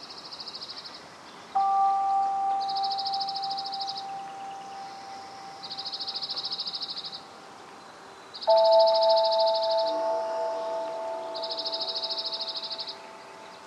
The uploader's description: Upper Macleay section of Forest Park, Portland, Oregon